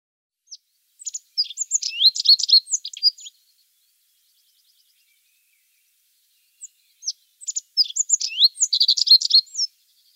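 Rock bunting song: two rapid, high, tinkling phrases of thin sweeping notes, the second following after a pause of about three seconds, with a silent background.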